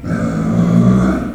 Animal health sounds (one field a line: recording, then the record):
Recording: squeal of a Yucatan mini pig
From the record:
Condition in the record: after surgery on the right vocal fold (resection and tissue-engineered implant)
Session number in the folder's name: 6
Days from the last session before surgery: 40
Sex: female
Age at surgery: 19 weeks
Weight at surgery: 25 kg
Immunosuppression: prednisolone